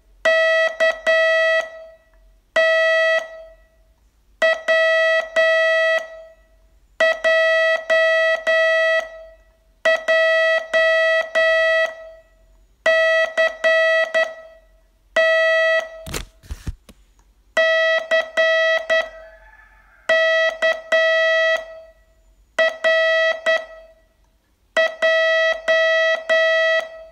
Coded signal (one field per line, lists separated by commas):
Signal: Morse code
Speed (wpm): 10 wpm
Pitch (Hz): 650 Hz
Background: none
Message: K T W J J C T C K R J